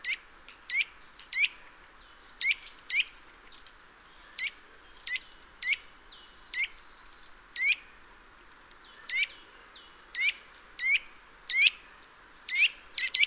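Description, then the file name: Eurasian nuthatch calls, short harsh notes with a rising tail, repeated in loose pairs and runs throughout. "Sitta europaea"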